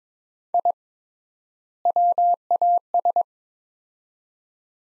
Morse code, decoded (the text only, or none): I WAS